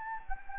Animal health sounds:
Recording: mosquito wingbeat signal from an infrared sensor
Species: Anopheles gambiae

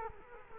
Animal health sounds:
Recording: mosquito wingbeat signal from an infrared sensor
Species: Culex quinquefasciatus

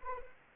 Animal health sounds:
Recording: mosquito wingbeat signal from an infrared sensor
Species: Anopheles arabiensis

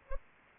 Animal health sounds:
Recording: mosquito wingbeat signal from an infrared sensor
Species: Anopheles arabiensis

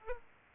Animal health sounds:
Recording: mosquito wingbeat signal from an infrared sensor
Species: Aedes aegypti

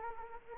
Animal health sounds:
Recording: mosquito wingbeat signal from an infrared sensor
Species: Anopheles arabiensis

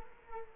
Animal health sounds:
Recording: mosquito wingbeat signal from an infrared sensor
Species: Culex quinquefasciatus

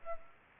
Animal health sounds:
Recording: mosquito wingbeat signal from an infrared sensor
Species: Aedes aegypti

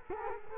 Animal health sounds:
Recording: mosquito wingbeat signal from an infrared sensor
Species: Culex quinquefasciatus

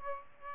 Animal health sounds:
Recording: mosquito wingbeat signal from an infrared sensor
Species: Aedes aegypti

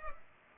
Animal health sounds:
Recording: mosquito wingbeat signal from an infrared sensor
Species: Culex pipiens

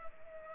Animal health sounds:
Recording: mosquito wingbeat signal from an infrared sensor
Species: Culex pipiens

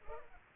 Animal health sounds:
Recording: mosquito wingbeat signal from an infrared sensor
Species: Culex pipiens

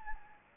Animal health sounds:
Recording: mosquito wingbeat signal from an infrared sensor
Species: Anopheles gambiae

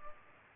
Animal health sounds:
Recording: mosquito wingbeat signal from an infrared sensor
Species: Culex pipiens

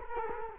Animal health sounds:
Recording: mosquito wingbeat signal from an infrared sensor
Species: Culex quinquefasciatus

